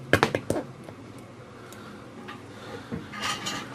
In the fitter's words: these the second one I just snap in place right there